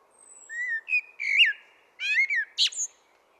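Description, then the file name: Common blackbird song phrase: a faint high thin note, then mellow rising and falling whistles, closing with a sharp high squeak. "Turdus merula"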